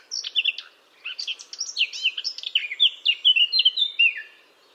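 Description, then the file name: Eurasian blackcap song: a short opening twitter, a brief pause, then a long, lively warble of rich fluty whistles rising and falling. "Sylvia atricapilla"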